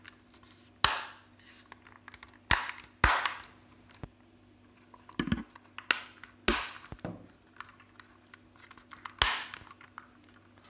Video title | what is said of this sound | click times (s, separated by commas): DJI Mavic Pro repairing and replacing the gimbal flexprint RIBBON CABLE after TEARDOWN | I like this sound okay the upper shell is clicked back in so I can put in the easy screws | 0.8 s, 2.5 s, 3.0 s, 6.5 s, 9.2 s